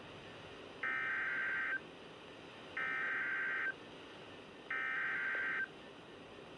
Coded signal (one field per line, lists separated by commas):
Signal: Emergency Alert System (SAME) tones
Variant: header bursts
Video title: Special marine warning (EAS 11)